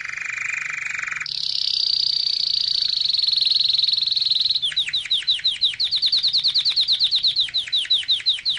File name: Canary Sound